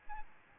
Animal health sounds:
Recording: mosquito wingbeat signal from an infrared sensor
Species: Aedes albopictus

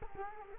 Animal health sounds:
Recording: mosquito wingbeat signal from an infrared sensor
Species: Culex quinquefasciatus

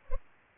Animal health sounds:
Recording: mosquito wingbeat signal from an infrared sensor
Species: Culex pipiens

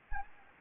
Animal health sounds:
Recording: mosquito wingbeat signal from an infrared sensor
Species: Anopheles gambiae

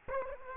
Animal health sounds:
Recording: mosquito wingbeat signal from an infrared sensor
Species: Culex quinquefasciatus

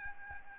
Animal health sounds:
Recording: mosquito wingbeat signal from an infrared sensor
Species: Aedes albopictus

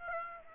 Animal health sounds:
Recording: mosquito wingbeat signal from an infrared sensor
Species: Aedes aegypti

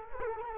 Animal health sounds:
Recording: mosquito wingbeat signal from an infrared sensor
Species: Culex quinquefasciatus

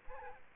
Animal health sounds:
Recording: mosquito wingbeat signal from an infrared sensor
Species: Aedes aegypti

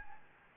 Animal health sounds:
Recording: mosquito wingbeat signal from an infrared sensor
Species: Anopheles gambiae

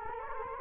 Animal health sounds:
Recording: mosquito wingbeat signal from an infrared sensor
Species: Culex quinquefasciatus

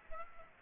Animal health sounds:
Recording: mosquito wingbeat signal from an infrared sensor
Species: Aedes aegypti

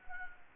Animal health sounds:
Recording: mosquito wingbeat signal from an infrared sensor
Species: Anopheles gambiae

